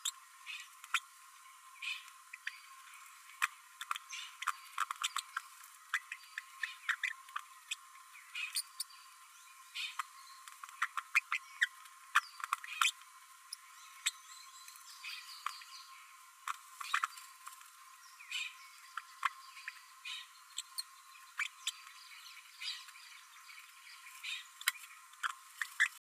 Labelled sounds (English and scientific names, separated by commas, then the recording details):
Green-rumped Parrotlet (Forpus passerinus) babbling
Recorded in a nest box in Venezuela
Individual 18B12A1